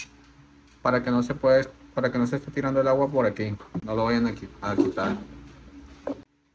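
Someone talks while fitting the plastic suction tube, which has a rubber gasket that acts as a seal against water leaking, into the pump head of a Linkbits FA016 automatic water dispenser. A single short hit is heard at 6.1 s as the tube press-fits into place and is seated.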